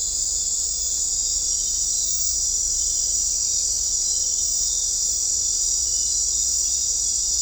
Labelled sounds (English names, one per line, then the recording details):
none
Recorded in dense forest near Puerto Asís, Putumayo, Colombia, on 16 December 2024 at 22:00
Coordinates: 0.499, -76.324
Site G045